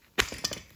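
A caster stem is pressed by hand into the socket of an office chair's welded base. A loud broadband knock lands near 0.2 s, then the caster snaps into place with a sharp crack at 0.45 s, followed by a softer tick around 0.5 s. The caster is confirmed seated.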